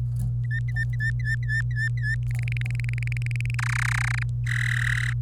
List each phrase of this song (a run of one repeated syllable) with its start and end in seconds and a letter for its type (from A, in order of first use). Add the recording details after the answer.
0.44-2.15 A, 2.31-3.55 B, 3.59-4.23 C, 4.47-5.13 D. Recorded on 25 April 2018 at 17:08. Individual llb3